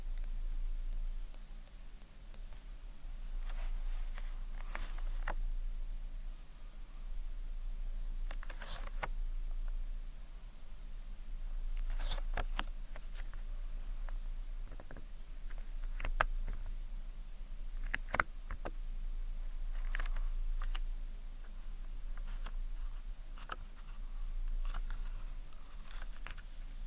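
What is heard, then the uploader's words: Quiet ear cleaning with tweezers: sticky crackles and small clicks come irregularly throughout, sometimes in quick clusters. A few short, brighter hissing bursts stand out near 9, 12 and 18 seconds. A steady low hum sits underneath the whole time. ASMR Tingly Tascam Triggers Ear Cleaning, Tweezers, Sticky Sounds, Spray Bottle (No Talking).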